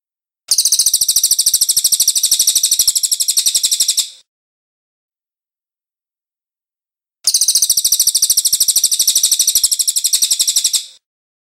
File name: suara cililin hitam